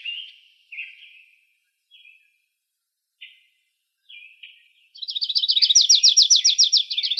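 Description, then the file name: Grace's warbler: scattered high call notes with short pauses, then a rapid, ringing trill of evenly repeated notes that stays loud to the end. Recorded in Arizona on 16 May 2003. "GRWA 3 deviche"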